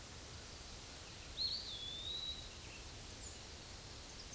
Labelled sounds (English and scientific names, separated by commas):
Eastern Wood-Pewee (Contopus virens) song